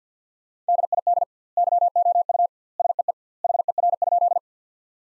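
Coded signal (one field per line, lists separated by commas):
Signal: Morse code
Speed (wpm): 50 wpm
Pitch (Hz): 700 Hz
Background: none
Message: DID YOU SEE HER?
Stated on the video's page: Morse practice sentences built from the top 100 words at 50 wpm with double word spacing, a Farnsworth-like method.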